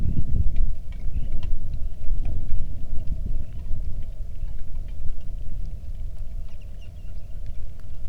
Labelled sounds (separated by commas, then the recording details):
songbird, wind, rain
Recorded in the Arctic National Wildlife Refuge, Alaska, on 3 August 2019 at 09:56
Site 46